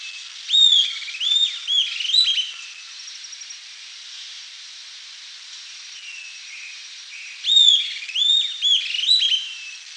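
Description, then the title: Southern antpipit giving high, thin whistled phrases of a few bouncing notes, heard twice. "LuckyPassaro Completos2Sama. Southern Antpipit (Corythopis delalandi)"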